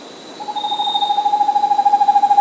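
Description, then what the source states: Vermiculated screech owl giving a fast, even trill on one pitch, rapid pulses that grow louder as it continues. South America.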